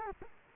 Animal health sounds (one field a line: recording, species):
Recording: mosquito wingbeat signal from an infrared sensor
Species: Culex quinquefasciatus